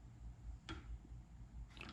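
A 3/8-inch click-type torque wrench, set to 180 inch-pounds, tightens a bolt until it reaches its set torque and clicks off at 0.7 s with a short, sharp click. A second, fainter transient follows at 1.8 s over a low background hum, and the wrench's click is compared with the click of a quarter-inch wrench.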